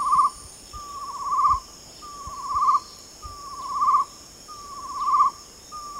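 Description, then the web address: Chestnut-necklaced partridge whistling repeated crescendo phrases, five or so in regular rhythm, against a continuous high insect chorus. Recorded at Danum on 8 August 2009. "DANUM. chestnut-necklaced hill partridge"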